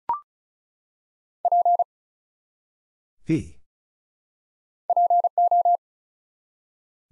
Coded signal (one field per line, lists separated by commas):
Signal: Morse code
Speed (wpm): 36 wpm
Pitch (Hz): 700 Hz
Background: none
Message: P PO